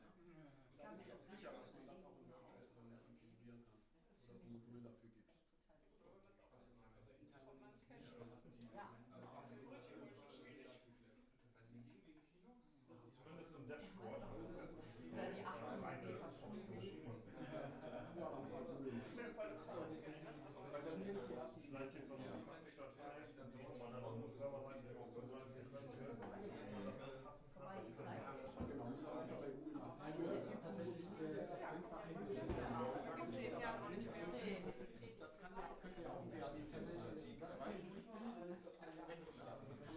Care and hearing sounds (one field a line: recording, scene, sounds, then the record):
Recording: everyday scene through a hearing-aid microphone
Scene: many people talking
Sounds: many voices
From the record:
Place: bistro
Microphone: behind the ear, left, front